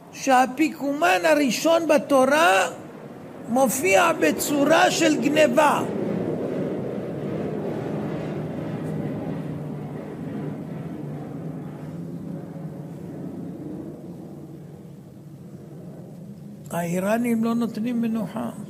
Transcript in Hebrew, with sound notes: שהאפיקומן הראשון בתורה מופיע בצורה של גניבה. {ברקע רעש של מטוס...} הרב: האיראנים לא נותנים מנוחה